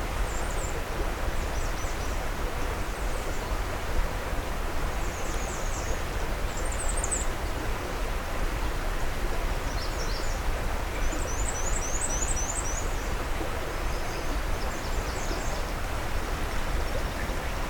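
Black-and-white Warbler song: very high, thin, squeaky notes in short repeated bursts scattered throughout, with a longer run midway, faint against a steady low roar.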